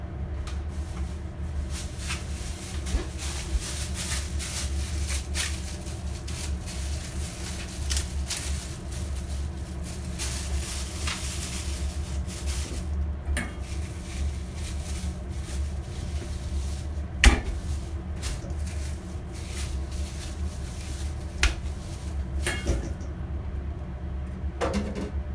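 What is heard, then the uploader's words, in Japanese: Kitchen sounds: a steady low hum underneath scattered clicks and knocks, with sharper clatters near 3, 13, 17 and 22 seconds. キッチンの音。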